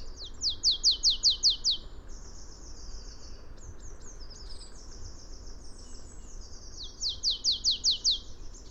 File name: Poecile palustris